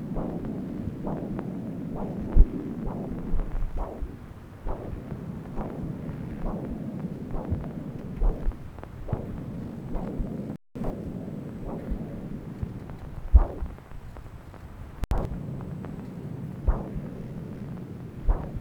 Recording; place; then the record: Doppler ultrasound of blood flow; right subclavian vein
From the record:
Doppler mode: continuous wave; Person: adult scuba diver, at rest before a dive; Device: O'Dive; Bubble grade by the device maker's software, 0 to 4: 0